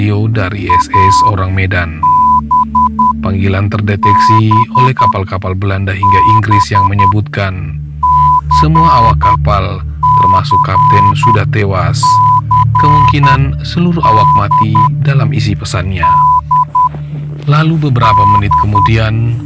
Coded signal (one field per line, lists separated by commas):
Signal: Morse code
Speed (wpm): 10 wpm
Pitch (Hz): 1000 Hz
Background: speech, music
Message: ABBBCCCD D D